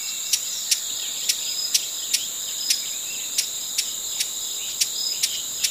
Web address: broad billed hummingbird sound